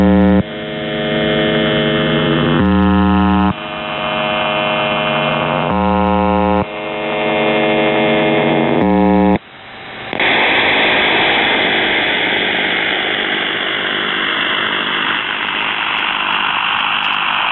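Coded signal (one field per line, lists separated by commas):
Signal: channel marker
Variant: UVB-76 (The Buzzer)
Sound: three low, harsh buzzes, each about three seconds, followed by hissing radio static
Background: radio static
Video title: The Buzzer/UVB-76(4625Khz) April 10th, 2023 Voice messages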